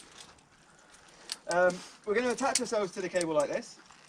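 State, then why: Not seated. A spring-loaded climbing carabiner is handled to clip onto a steel via ferrata safety cable, a clip-on that must click. Someone talks over faint background noise, with a brief sharp tap near 1.3 s. Nothing has seated or clicked yet.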